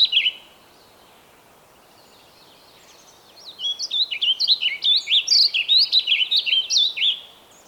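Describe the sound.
Bird song: one short high note, a quiet stretch of about three seconds, then a long, fast, rhythmic phrase of bright, swooping chirps.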